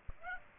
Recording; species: mosquito wingbeat signal from an infrared sensor; Aedes aegypti